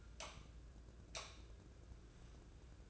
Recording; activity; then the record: daily activity, microphone in the room; light on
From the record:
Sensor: 2